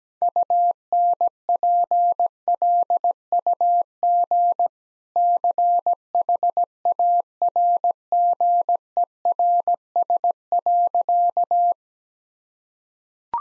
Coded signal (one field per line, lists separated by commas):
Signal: Morse code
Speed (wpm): 17 wpm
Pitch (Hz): 700 Hz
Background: none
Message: UNPLUG CHARGERS.